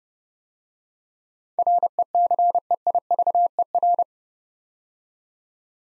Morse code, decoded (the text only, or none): RECEIVER